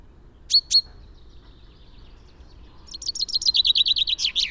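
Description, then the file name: Common chaffinch: two sharp call notes, a pause, then a rapid run of repeated chirps starting a song phrase that is cut off. "Fringilla coelebs"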